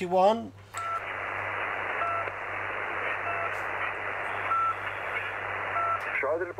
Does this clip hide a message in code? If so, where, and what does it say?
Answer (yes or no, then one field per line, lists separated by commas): no